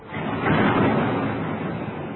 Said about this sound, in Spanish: Finalmente, a la desesperada, el 14 de agosto del año 1900, las tropas extranjeras entran en la eterna ciudad, en la milenaria ciudad de Pekín. Los cañonazos lo asolan todo.